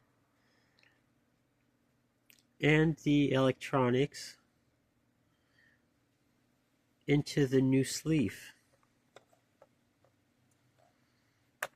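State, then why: Seated. Someone talks while a key blade and the electronics board of a Lexus RX300/RX330/RX350 key fob are pressed into a new plastic replacement key sleeve, with a few faint ticks and small clicks along the way. At 11.6 s the parts snap into place with a sharp click, seated and feeling really solid.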